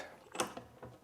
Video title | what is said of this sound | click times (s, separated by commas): Cordless Track Saw Comparison - DeWalt DCS520 vs. Festool TSC 55 K - Is Festool Worth It? | there we go so now it's locked | 0.4 s